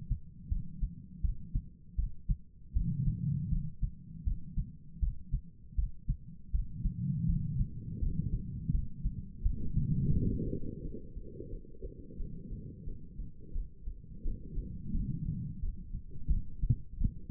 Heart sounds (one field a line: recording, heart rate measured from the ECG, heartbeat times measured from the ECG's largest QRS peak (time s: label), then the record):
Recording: heart sounds by stethoscope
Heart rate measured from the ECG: 84 bpm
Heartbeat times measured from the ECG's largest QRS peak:
0.49 s: heartbeat
1.22 s: heartbeat
1.96 s: heartbeat
2.74 s: heartbeat
3.50 s: heartbeat
4.24 s: heartbeat
5.00 s: heartbeat
5.76 s: heartbeat
6.52 s: heartbeat
7.26 s: heartbeat
8.00 s: heartbeat
8.72 s: heartbeat
9.43 s: heartbeat
10.14 s: heartbeat
10.83 s: heartbeat
11.50 s: heartbeat
12.18 s: heartbeat
12.85 s: heartbeat
13.53 s: heartbeat
14.23 s: heartbeat
14.93 s: heartbeat
15.61 s: heartbeat
16.30 s: heartbeat
16.99 s: heartbeat
From the record:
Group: healthy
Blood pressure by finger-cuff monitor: 119/84 mmHg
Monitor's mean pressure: 100 mmHg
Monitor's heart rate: 83 bpm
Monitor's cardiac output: 4.8 L/min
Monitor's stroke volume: 58 mL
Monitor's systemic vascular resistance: 1510 dyn s/cm5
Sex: female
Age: 51 years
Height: 162 cm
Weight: 70.04 kg